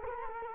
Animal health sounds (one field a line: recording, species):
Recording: mosquito wingbeat signal from an infrared sensor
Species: Culex quinquefasciatus